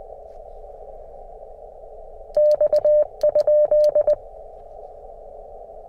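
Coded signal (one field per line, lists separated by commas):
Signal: Morse code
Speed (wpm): 20 wpm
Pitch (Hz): 600 Hz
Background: none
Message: X?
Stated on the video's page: CW Parks on the Air activation with a QMX transceiver running about 3.6 watts.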